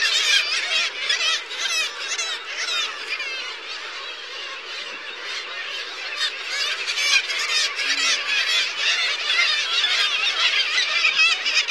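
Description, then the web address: Black-legged kittiwakes calling: a dense, continuous chorus of overlapping cries from many birds, with no pause throughout. "Songs of Birds of North America Stokes. Black-legged Kittiwake"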